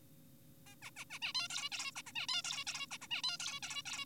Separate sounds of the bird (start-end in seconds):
0.67-0.75, 0.82-0.90, 0.96-1.05, 1.10-1.19, 1.22-1.33, 1.35-1.48, 1.50-1.70, 1.72-1.91, 1.96-2.02, 2.07-2.12, 2.16-2.27, 2.29-2.42, 2.44-2.64, 2.67-2.87, 2.91-2.98, 3.02-3.08, 3.11-3.22, 3.24-3.38, 3.40-3.60, 3.63-3.82, 3.86-4.05